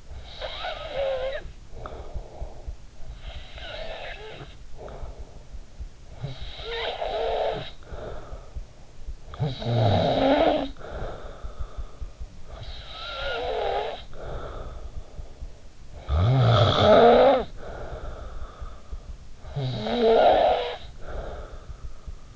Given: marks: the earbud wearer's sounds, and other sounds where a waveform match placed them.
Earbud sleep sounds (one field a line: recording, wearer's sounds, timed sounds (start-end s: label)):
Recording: sounds in sleep by an in-ear microphone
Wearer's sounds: snoring breath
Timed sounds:
0.15-5.84 s: snoring breath
5.96-15.22 s: snoring breath
15.45-18.85 s: snoring breath
18.90-22.36 s: snoring breath